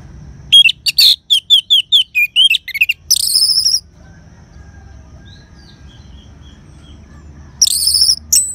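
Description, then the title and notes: Orange-headed thrush singing a rapid series of clear, high whistled notes with a buzzier ending, then a long quiet gap before another short phrase over low background hum. "anis_merah. Kicau Burung Anis"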